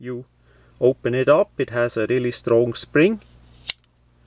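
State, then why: Seated. Someone talks about opening a Witharmour Mercenary F BK folding knife against its really strong spring. At 3.7 s the blade snaps sharply back into its locked open position in the folding handle. The action is strong and snappy.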